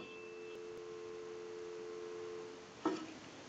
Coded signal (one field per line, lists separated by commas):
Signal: telephone call progress tone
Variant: North America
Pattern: dial tone